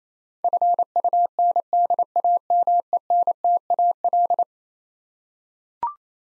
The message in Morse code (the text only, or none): FUNDAMENTAL